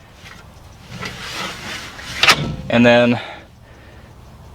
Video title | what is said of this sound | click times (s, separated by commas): Dodge RAM Promaster Conversion PART 3--Installing Swivel Seats #VANLIFE #promasterconversion | cool it does it locks into place on directly forward and | 2.2 s